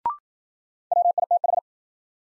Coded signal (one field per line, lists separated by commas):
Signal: Morse code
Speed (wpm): 53 wpm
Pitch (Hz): 700 Hz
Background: none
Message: WITH